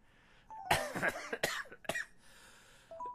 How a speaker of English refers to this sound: Oh, God. I am coughing under too much cannabis.